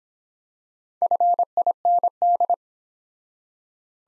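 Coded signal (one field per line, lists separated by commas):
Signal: Morse code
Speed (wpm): 26 wpm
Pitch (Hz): 700 Hz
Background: none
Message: FIND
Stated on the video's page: Morse practice of the top 100 words, starting fast and slowing to a 22 wpm base; top speed 1.5 times base, final repeat sent at maximum speed.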